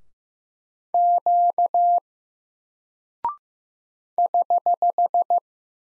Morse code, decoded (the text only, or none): Q <HH>